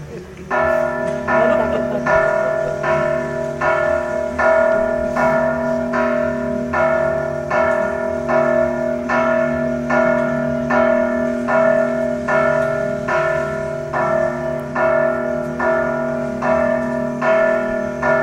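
Church bells ring in a steady, even rhythm, about one loud resonant stroke per second for the whole stretch, their rich overlapping tones humming between strikes, with no voices.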